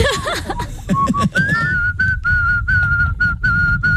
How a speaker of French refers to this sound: Tu siffles comme un vieux. Tu siffles comme un pépé. Ouais. On a l'air con quand on siffle en fait.